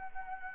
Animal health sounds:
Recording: mosquito wingbeat signal from an infrared sensor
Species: Anopheles arabiensis

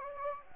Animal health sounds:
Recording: mosquito wingbeat signal from an infrared sensor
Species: Anopheles gambiae

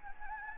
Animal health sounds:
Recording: mosquito wingbeat signal from an infrared sensor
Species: Anopheles gambiae

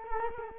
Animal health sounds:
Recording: mosquito wingbeat signal from an infrared sensor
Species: Culex quinquefasciatus

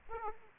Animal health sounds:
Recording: mosquito wingbeat signal from an infrared sensor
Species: Aedes aegypti

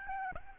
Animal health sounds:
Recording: mosquito wingbeat signal from an infrared sensor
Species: Aedes albopictus

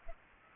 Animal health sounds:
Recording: mosquito wingbeat signal from an infrared sensor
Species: Culex pipiens

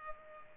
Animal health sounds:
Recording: mosquito wingbeat signal from an infrared sensor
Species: Culex pipiens

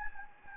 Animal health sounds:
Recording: mosquito wingbeat signal from an infrared sensor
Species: Anopheles gambiae

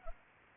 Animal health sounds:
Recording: mosquito wingbeat signal from an infrared sensor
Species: Culex pipiens

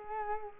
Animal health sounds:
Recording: mosquito wingbeat signal from an infrared sensor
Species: Culex quinquefasciatus

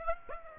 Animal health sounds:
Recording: mosquito wingbeat signal from an infrared sensor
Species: Aedes aegypti

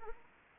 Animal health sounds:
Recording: mosquito wingbeat signal from an infrared sensor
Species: Anopheles arabiensis

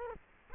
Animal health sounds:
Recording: mosquito wingbeat signal from an infrared sensor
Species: Culex quinquefasciatus

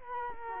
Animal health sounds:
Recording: mosquito wingbeat signal from an infrared sensor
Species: Culex quinquefasciatus

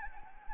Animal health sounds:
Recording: mosquito wingbeat signal from an infrared sensor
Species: Anopheles gambiae

